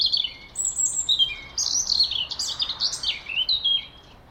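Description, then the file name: European robin singing a rich, unbroken stream of high twittering notes that slide, leap and tumble between pitches. "Erithacus rubecula"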